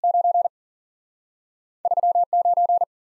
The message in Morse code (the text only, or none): 93 9